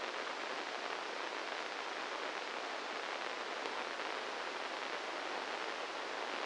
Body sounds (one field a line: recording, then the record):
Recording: brain microelectrode recording played as sound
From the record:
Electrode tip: inside the subthalamic nucleus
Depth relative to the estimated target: -1 mm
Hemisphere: right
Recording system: NeuroSet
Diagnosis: Parkinson's disease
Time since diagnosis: 8 years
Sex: male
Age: 58 years